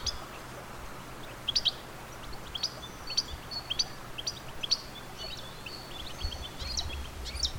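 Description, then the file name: European goldfinch giving high, tinkling chirps in small irregular bursts, with a faint low hum underneath. "Carduelis carduelis"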